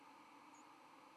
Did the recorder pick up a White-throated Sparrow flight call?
no